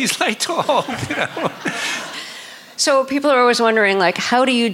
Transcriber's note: laughter